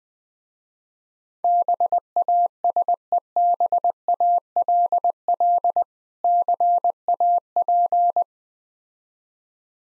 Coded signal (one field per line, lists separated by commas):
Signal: Morse code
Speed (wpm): 20 wpm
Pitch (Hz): 700 Hz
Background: none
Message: BASEBALL CAP